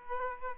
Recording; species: mosquito wingbeat signal from an infrared sensor; Aedes aegypti